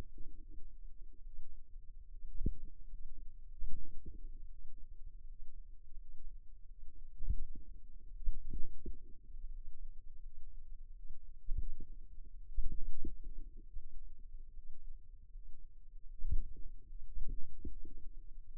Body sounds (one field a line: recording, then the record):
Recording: forearm muscle sounds (acoustic myography)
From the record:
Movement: finger pinch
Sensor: system 2, bracelet of six BSWA MPA416 microphones around the upper forearm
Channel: 2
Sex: female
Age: 23 years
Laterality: right